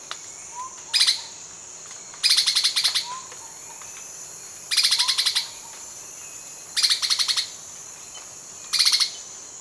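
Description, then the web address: Immaculate antbird calls as dry, harsh chattering rattles in five bursts, some brief and some longer, spaced about two seconds apart over a faint hiss. Ecuador. "Natures Songs S America Birds of Ecuador Immaculate Antbird"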